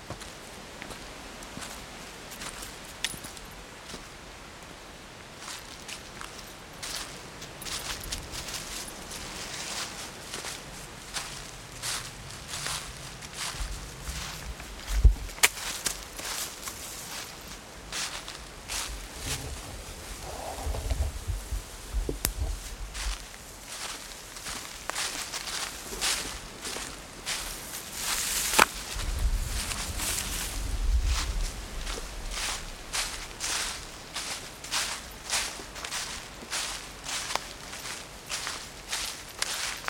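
Footsteps crunch steadily through dry fallen leaves on a woodland walk, each step a short bright crackle repeating every half second or so. A soft wind hiss runs underneath throughout, with a few louder thuds and crunches around 15, 22 and 30 seconds.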